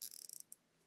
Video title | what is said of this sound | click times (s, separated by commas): Wanna paint an Easter Garden Stake with me???? | that means it's tightening if you don't hear the clicky sound it's it's not going to be tight | 0.1 s, 0.2 s, 0.3 s, 0.5 s